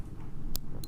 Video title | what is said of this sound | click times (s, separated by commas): JewelleryMaker LIVE 11/09/13 | do you hear it when it clicks when you've got that click | 0.6 s